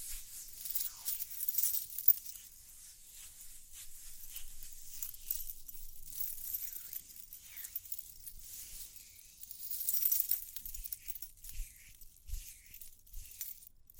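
Soft scratching and light jingling, like small metal pieces clinking, run through the whole stretch as a thin, bright rustle. The sound swells around six and ten seconds, with a sharp tick near two seconds and a few dull low taps after eleven seconds.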